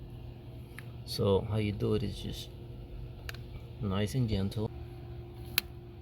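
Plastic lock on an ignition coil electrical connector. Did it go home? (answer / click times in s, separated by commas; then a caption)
released / 5.6 s. A flathead screwdriver gently pushes out the plastic lock on an ignition coil electrical connector of a 2008 to 2014 Mercedes C300. Someone talks, and a loud, short click at 5.6 s marks the lock releasing open.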